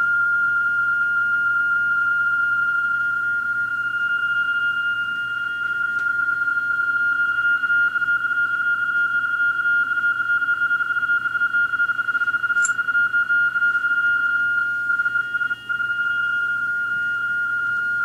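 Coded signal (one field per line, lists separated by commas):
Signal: PSK31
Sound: continuous warbling single tone around 1.4 kHz with a faint higher overtone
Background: low hum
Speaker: i'm going to give this ham a call back and this is on my return and give me information about his signal report my location etc using the pre-programmed macros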